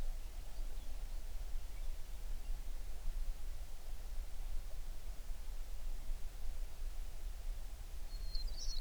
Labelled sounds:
songbird

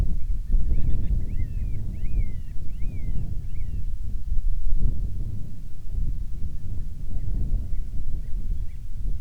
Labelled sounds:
bird
wind

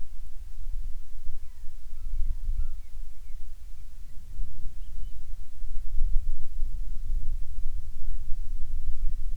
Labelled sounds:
bird
wind

